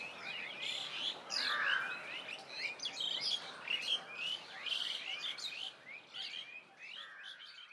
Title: GameAudioGDC. AMBIENCE Birds Medium Distant Village and People